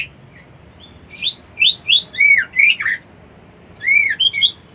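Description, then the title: White-eye song: a quick run of bright, slurred whistled notes, several arching downward, in a lively phrase followed by a short pause and another burst. Song style called ngerol ngalas. "Suara Burung Pleci Ngerol Ngalas"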